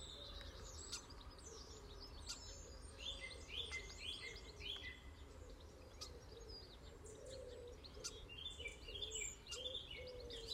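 A dawn chorus of many birds chirps and trills continuously outside a window, bright overlapping calls above a low steady rumble of noise.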